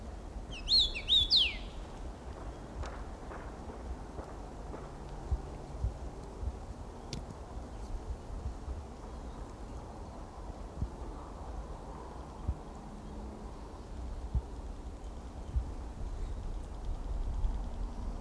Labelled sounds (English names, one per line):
Common Rosefinch song